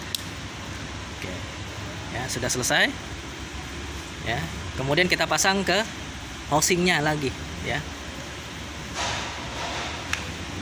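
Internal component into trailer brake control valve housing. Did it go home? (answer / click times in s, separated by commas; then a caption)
yes / 10.1 s. An internal component of a trailer brake control valve is pressed back into its housing during reassembly while someone talks, with a steady low background hum. A single sharp click is heard at 10.1 s as the component seats, bottomed out on all four sides.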